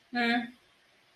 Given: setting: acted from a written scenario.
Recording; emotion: vocal sound without words; neutral